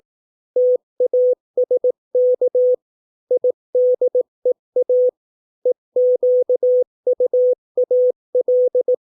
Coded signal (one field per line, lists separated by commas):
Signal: Morse code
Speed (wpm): 18 wpm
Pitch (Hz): 500 Hz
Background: none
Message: TASK IDEA EQUAL